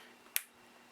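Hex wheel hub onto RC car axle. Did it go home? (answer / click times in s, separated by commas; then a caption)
yes / 0.4 s. A replacement Traxxas hex wheel hub, lined up with the groove, is pushed with a bit of force onto the axle of a Danchee RidgeRock RC truck, where the stock hub design comes off. A single sharp, bright snap sounds at 0.4 s against a quiet background. The hub seats onto the axle and stays on.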